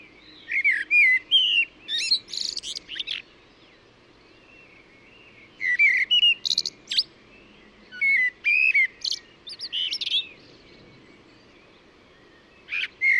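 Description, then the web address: Bird chirping and whistling in varied phrases repeated every few seconds, with short silences between phrases. "cianscape birddata Deverinetal 2025 Bird Only Tu Me Tu Me"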